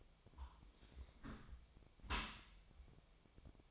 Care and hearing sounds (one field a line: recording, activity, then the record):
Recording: daily activity, microphone in the room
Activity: close dishwasher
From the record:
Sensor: 1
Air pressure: 1006.8 hPa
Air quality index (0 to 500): 208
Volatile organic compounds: 24 ppm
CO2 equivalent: 2803 ppm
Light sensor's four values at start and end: 12/32/13/14 and 12/32/12/14